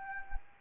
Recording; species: mosquito wingbeat signal from an infrared sensor; Anopheles arabiensis